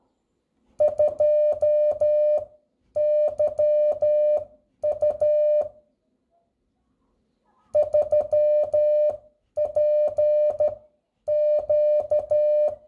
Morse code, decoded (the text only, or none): 2YU 3PQ